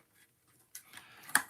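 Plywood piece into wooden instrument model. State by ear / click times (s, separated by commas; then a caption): not seated / none. A wooden plywood piece of a Ugears Hurdy Gurdy mechanical instrument model is pushed into place, with faint rustling followed by brief wooden knocks at about 0.8 s and 1.0 s and a sharper, louder tap at 1.4 s. The heavily waxed part does not lock in, so nothing has seated or clicked yet.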